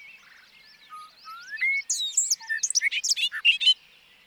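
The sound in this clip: Bobolink song starting with a few soft whistled notes, then breaking into a quick, gurgling tumble of metallic chips and twangs.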